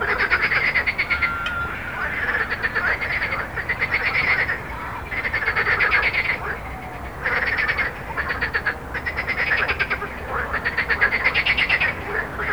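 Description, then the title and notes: Frog chorus of pulsed rattling croaks in bursts about a second long, separated by short gaps, over constant low road noise. Frogs recorded with road noise at Jardins de la Ligne, Montaudran, Toulouse, France, using a Zoom H4n recorder. "Jardins de la Ligne, 1 Rue Jacqueline Auriol, 31400 Toulouse, France - Frog Montaudran. Frog and road captation zoom h4n"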